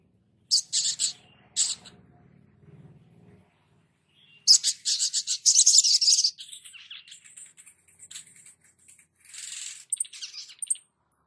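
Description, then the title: Spiderhunter song: a few high sharp chips, then a rapid buzzy twittering run of high notes trailing into thinner, fainter chattering. Labaik song variant. "Sogok Ontong Labaik"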